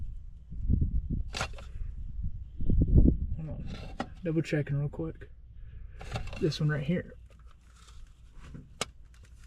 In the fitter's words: Boom. You want to hear that click, too. If you don't hear that click, that ain't good.